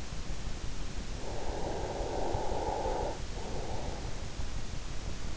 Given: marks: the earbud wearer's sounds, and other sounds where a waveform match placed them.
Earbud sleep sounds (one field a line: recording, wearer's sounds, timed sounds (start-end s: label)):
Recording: sounds in sleep by an in-ear microphone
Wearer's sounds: breath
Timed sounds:
1.18-4.15 s: breath